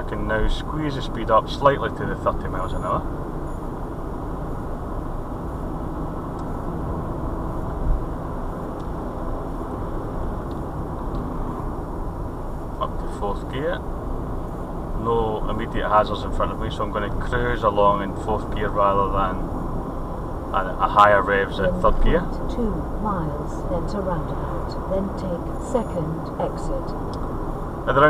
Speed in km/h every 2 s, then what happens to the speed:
42, 42, 44, 45, 45, 44, 42, 44, 44, 45, 47, 48, 48, 48.
0-28 steady at about 44.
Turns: none.